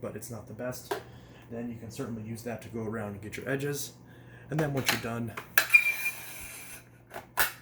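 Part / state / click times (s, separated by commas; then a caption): vacuum wand into the storage holder on the vacuum body / seated / 7.4 s. Someone talks while handling a Hart Pro HZUV01 bagless vacuum, with some clattering partway through. The aluminium vacuum wand is then slapped down into the plastic storage holder on top of the vacuum body, giving one sharp hit as it clicks and seats in place at 7.4 s.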